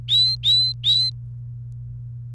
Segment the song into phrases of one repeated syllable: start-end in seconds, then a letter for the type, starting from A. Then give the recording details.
0.00-1.10 A. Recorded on 28 April 2018 at 14:54. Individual llb3